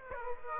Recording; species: mosquito wingbeat signal from an infrared sensor; Aedes aegypti